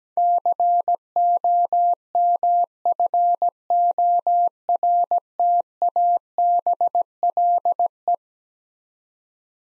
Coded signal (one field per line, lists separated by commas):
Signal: Morse code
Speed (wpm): 17 wpm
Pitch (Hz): 700 Hz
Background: none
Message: COMFORTABLE